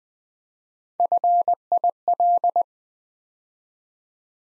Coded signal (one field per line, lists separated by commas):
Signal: Morse code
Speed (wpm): 20 wpm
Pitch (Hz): 700 Hz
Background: none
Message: FIL